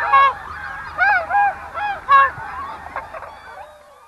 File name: bewick swan